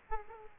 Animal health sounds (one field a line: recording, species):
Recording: mosquito wingbeat signal from an infrared sensor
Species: Aedes aegypti